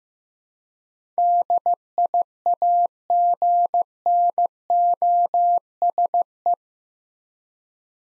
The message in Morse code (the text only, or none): DIAGNOSE